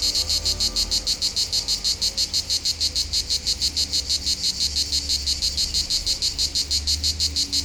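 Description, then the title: Cicada song as a shrill, pulsing drone beating in a steady rapid rhythm, over a low rumble. Local cicadas in full activity on a hot summer day at the foot of the Molard de Vions, Vions, France; rhythmic song. "Rue De BOVERON, Vions, France - Rythmique des cigales"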